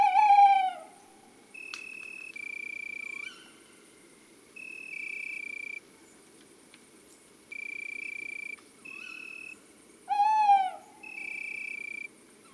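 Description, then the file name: Tawny owl quavering hoots, a wavering falling note at the start and again near ten seconds, between repeated steady high piping tones that start and stop. Male; woods and forests. "Chouette hulotte male Chants doiseaux des bois et des forets"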